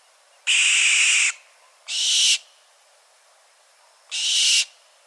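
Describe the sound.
Bird giving three raspy, hissing screeches, the first long and strong, then a shorter one, then another after a longer pause.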